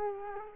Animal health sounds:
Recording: mosquito wingbeat signal from an infrared sensor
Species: Culex quinquefasciatus

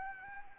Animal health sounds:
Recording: mosquito wingbeat signal from an infrared sensor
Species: Anopheles arabiensis

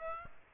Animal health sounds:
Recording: mosquito wingbeat signal from an infrared sensor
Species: Aedes aegypti

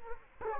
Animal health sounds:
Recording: mosquito wingbeat signal from an infrared sensor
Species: Culex quinquefasciatus

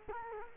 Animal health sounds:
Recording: mosquito wingbeat signal from an infrared sensor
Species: Culex quinquefasciatus

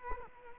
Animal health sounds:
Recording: mosquito wingbeat signal from an infrared sensor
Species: Culex quinquefasciatus

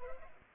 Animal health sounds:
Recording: mosquito wingbeat signal from an infrared sensor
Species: Culex pipiens

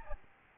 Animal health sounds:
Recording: mosquito wingbeat signal from an infrared sensor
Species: Aedes albopictus

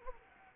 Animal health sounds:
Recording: mosquito wingbeat signal from an infrared sensor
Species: Anopheles arabiensis

